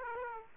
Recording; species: mosquito wingbeat signal from an infrared sensor; Aedes aegypti